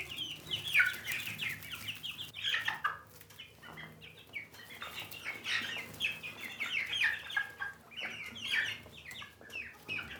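Chickens clucking, with bursts of quick overlapping notes and brief quieter gaps.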